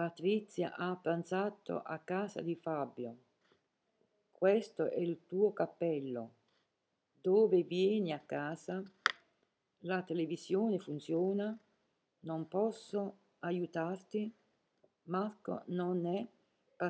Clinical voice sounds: read phrases; Italian; female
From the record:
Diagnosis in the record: healthy control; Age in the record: 70 years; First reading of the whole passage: 149 s, 3.0 characters per second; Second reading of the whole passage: 105 s, 4.4 characters per second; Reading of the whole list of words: 65 s, 4.0 characters per second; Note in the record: marked for poor recording quality or reading difficulty

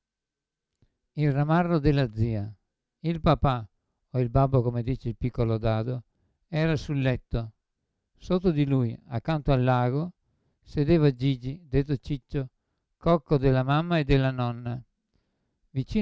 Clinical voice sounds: read passage; Italian; male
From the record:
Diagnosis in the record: Parkinson's disease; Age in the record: 75 years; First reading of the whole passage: 62 s, 8.3 characters per second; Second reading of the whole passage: 57 s, 9.2 characters per second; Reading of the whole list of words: 53 s, 5.3 characters per second

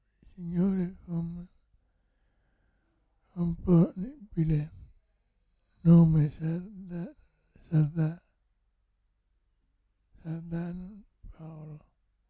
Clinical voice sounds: read passage; Italian; male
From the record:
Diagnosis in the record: Parkinson's disease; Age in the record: 65 years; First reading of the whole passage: 164 s, 3.2 characters per second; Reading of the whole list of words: 151 s, 1.9 characters per second

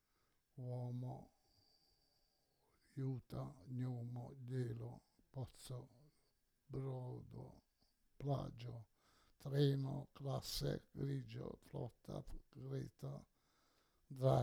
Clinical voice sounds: read list of words; Italian; male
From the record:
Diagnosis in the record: Parkinson's disease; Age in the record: 68 years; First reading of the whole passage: 84 s, 6.2 characters per second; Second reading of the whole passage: 63 s, 8.2 characters per second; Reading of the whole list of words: 57 s, 5.0 characters per second

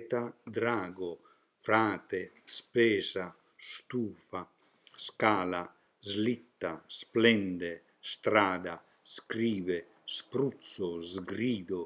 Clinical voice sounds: read list of words; Italian; male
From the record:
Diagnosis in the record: healthy control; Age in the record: 76 years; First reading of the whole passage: 56 s, 9.2 characters per second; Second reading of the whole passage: 53 s, 9.7 characters per second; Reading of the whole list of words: 49 s, 5.7 characters per second

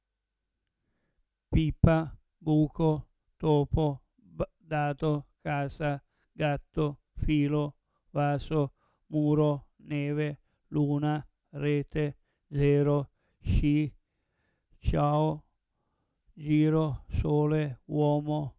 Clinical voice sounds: read list of words; Italian; male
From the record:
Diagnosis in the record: Parkinson's disease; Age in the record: 70 years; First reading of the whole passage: 112 s, 4.6 characters per second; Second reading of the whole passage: 107 s, 4.9 characters per second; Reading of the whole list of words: 68 s, 4.1 characters per second

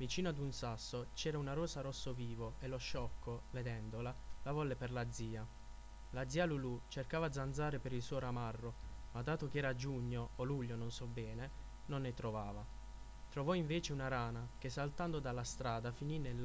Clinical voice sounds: read passage; Italian; male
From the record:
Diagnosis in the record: healthy control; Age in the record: 24 years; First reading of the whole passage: 44 s, 11.7 characters per second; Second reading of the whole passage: 43 s, 11.9 characters per second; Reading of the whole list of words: 49 s, 5.7 characters per second

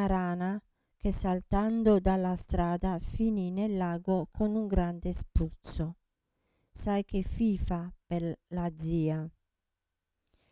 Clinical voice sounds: read passage; Italian; female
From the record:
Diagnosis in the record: Parkinson's disease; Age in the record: 67 years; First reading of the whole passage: 79 s, 6.5 characters per second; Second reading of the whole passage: 74 s, 7.0 characters per second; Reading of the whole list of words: 72 s, 3.9 characters per second

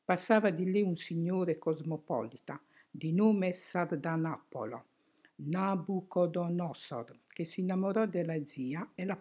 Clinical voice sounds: read passage; Italian; female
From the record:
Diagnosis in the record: healthy control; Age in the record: 68 years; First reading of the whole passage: 56 s, 9.3 characters per second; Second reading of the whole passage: 53 s, 9.8 characters per second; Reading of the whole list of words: 52 s, 5.4 characters per second

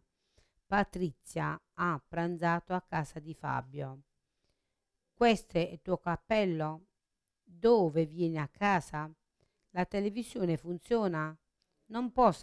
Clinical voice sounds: read phrases; Italian; female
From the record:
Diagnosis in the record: Parkinson's disease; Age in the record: 63 years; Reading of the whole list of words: 61 s, 4.6 characters per second

